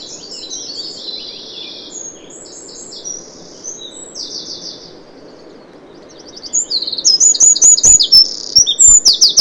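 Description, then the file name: Eurasian wren song, soft high trills and twitters at first, then a loud burst of rapid, sharp repeated notes and ringing trills near the end. "Troglodytes troglodytes"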